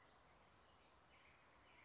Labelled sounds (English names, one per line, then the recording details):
Chestnut-backed Chickadee
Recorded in Sonoma County, California